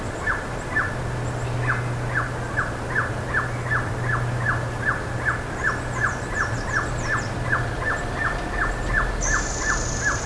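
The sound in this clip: Bird calling with short sharp notes repeated steadily, about two or three each second, over a low continuous hum, with a brief high whistle near the end.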